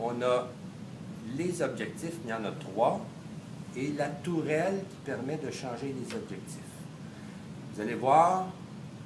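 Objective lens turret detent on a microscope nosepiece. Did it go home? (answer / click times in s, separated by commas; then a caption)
no / none. Someone talks while handling the revolving nosepiece (turret) of a school microscope, whose detent clicks when an objective lens lines up with the light path. Nothing has seated or clicked yet in this clip.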